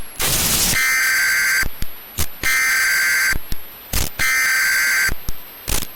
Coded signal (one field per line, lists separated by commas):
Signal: Emergency Alert System (SAME) tones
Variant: header bursts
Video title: EAS Scenario: Geological Disaster I: SoCal